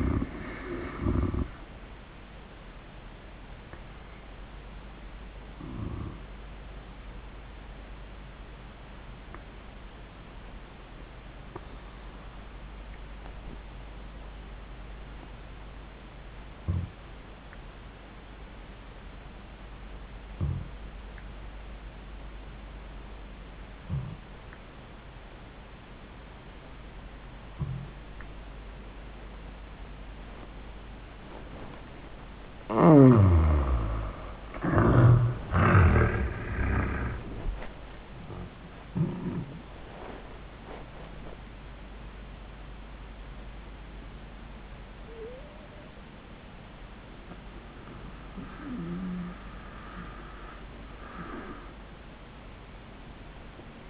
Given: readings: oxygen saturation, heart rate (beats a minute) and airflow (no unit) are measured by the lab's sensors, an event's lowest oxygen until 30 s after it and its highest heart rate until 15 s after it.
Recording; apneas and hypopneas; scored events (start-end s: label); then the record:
breathing in sleep by a voice recorder at the bedside; 1
8.00-33.80 s: obstructive apnea (N1, oxygen 97% highest, then 78% lowest, heart rate 86 at the start, 100 highest)
From the record:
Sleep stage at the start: N1 (lightest sleep); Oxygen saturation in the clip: 76 to 97%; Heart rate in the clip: 73 to 100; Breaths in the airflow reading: 4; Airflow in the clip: -24.0 to 30.7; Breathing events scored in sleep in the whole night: 400 in 8.7 hours asleep